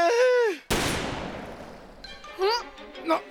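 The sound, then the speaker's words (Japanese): A single loud gunshot cracks out after a brief voice in a One Piece drama CD scene at sea, as a small pirate ship approaches, its sharp bang trailing off in a long fading rumble before people start talking again. “なんだ 銃声だ。”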